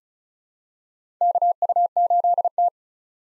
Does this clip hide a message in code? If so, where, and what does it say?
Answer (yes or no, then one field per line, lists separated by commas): yes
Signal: Morse code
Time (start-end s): 1.2-2.7 s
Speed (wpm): 36 wpm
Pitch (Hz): 700 Hz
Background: none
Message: KU8T